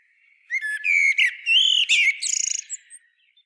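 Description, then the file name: Common blackbird song: one rich phrase of slurred whistles, finishing in a fast stuttering trill of high notes. "Turdus merula"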